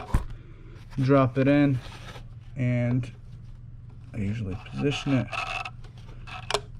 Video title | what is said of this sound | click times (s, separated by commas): 2018 Jeep Grand Cherokee DIY Oil Change | make sure it's seated you'll hear a click and it shouldn't be able to come out | 6.5 s